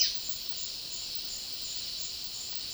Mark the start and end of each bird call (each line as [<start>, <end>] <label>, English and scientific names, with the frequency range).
[0.00, 0.12] Gray-capped Flycatcher (Myiozetetes granadensis) (1.3-15.8 kHz)